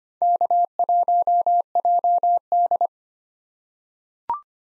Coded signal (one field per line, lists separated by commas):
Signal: Morse code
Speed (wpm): 25 wpm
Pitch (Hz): 700 Hz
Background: none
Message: K1JD